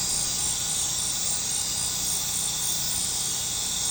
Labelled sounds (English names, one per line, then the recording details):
none
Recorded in pastures near Puerto Asís, Putumayo, Colombia, on 26 December 2024 at 20:00
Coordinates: 0.466, -76.322
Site G040